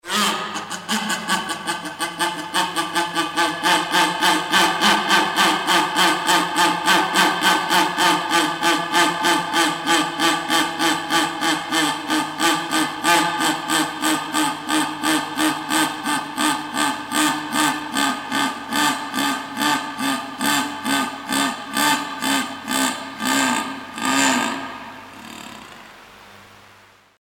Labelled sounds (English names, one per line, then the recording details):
Jaguar
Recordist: Tembrock, Günter
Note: Rufreihe eines Männchens